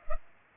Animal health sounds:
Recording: mosquito wingbeat signal from an infrared sensor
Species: Culex pipiens

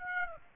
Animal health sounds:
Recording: mosquito wingbeat signal from an infrared sensor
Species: Aedes aegypti

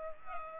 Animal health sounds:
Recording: mosquito wingbeat signal from an infrared sensor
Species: Culex pipiens

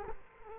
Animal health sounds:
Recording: mosquito wingbeat signal from an infrared sensor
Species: Culex quinquefasciatus

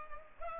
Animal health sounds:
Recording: mosquito wingbeat signal from an infrared sensor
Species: Culex pipiens

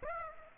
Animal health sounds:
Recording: mosquito wingbeat signal from an infrared sensor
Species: Aedes aegypti

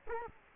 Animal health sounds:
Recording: mosquito wingbeat signal from an infrared sensor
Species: Culex quinquefasciatus

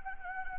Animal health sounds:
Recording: mosquito wingbeat signal from an infrared sensor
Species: Anopheles gambiae

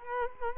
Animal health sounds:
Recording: mosquito wingbeat signal from an infrared sensor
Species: Culex quinquefasciatus

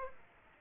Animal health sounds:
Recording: mosquito wingbeat signal from an infrared sensor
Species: Aedes aegypti

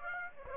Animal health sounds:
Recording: mosquito wingbeat signal from an infrared sensor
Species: Aedes aegypti

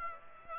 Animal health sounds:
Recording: mosquito wingbeat signal from an infrared sensor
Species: Aedes aegypti

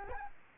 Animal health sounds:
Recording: mosquito wingbeat signal from an infrared sensor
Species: Culex quinquefasciatus

